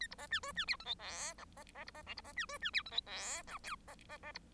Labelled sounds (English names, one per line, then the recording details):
Bengalese Finch song
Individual Bird1